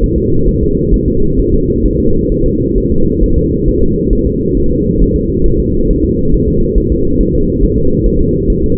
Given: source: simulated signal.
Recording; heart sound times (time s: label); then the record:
fetal heart sounds
0.04 s: S1
0.18 s: S2
0.48 s: S1
0.63 s: S2
0.94 s: S1
1.08 s: S2
1.39 s: S1
1.54 s: S2
1.86 s: S1
2.00 s: S2
2.32 s: S1
2.46 s: S2
2.78 s: S1
2.92 s: S2
3.23 s: S1
3.38 s: S2
3.68 s: S1
3.83 s: S2
4.13 s: S1
4.27 s: S2
4.57 s: S1
4.72 s: S2
5.02 s: S1
5.16 s: S2
5.46 s: S1
5.60 s: S2
5.90 s: S1
6.05 s: S2
6.34 s: S1
6.48 s: S2
6.78 s: S1
6.92 s: S2
7.21 s: S1
7.35 s: S2
7.63 s: S1
7.78 s: S2
8.06 s: S1
8.21 s: S2
8.50 s: S1
8.64 s: S2
From the record:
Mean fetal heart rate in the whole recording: 135 bpm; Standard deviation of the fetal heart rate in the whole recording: 3 bpm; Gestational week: 36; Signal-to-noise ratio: -16.4 dB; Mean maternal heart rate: 72 bpm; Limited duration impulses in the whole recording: present